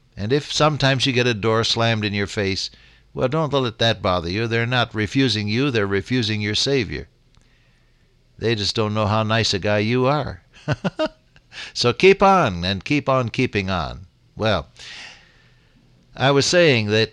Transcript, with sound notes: And if sometimes you get a door slammed in your face, well don’t let that bother you, they’re not refusing you, they’re refusing your Savior. They just don’t know how nice a guy you are. [chuckle] So, keep on, and keep on keeping on. Well, I was saying that